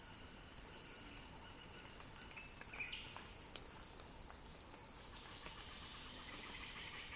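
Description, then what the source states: Cicada song, a steady piercing drone on one pitch, with a few brief chirps partway through. Recording titled Cicada Crescendo.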